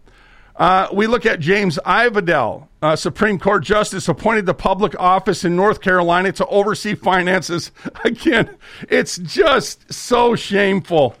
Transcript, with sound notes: we look at James Ivedell, uh, Supreme Court justice appointed to public office in North Carolina to oversee finances. (laughing) Again, it's just so shameful.